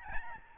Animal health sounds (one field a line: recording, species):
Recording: mosquito wingbeat signal from an infrared sensor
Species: Aedes albopictus